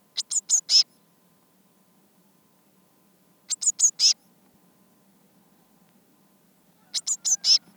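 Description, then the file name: Eurasian blue tit giving three brief groups of four quick high notes, each group about three and a half seconds apart, quiet between. "Cyanistes caeruleus"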